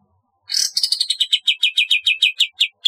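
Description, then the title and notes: Bulbul gives a quick series of sharp notes that starts high and steps down, then settles into a steady run of repeated chips. "Kicau Burung Kapas"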